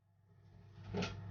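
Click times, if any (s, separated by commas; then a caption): none. A cook puts the lid back onto a kitchen food container and handles its clips to snap them shut. A low steady hum sits under a soft handling noise that builds into a brief scraping rustle around 0.9–1.1 s, then eases off. Nothing has seated or clicked yet.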